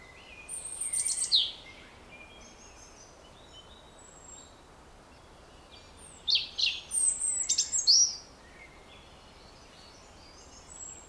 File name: Erithacus rubecula